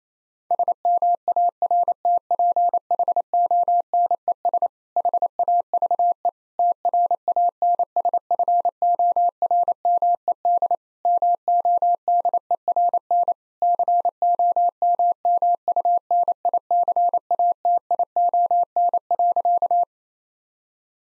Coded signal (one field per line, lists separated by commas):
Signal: Morse code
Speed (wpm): 28 wpm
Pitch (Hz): 700 Hz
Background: none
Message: SMARTPHONES HAVE TRANSFORMED MODERN COMMUNICATION.